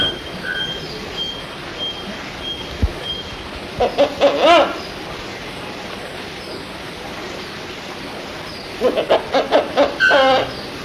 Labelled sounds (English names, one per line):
Blyth's Hornbill call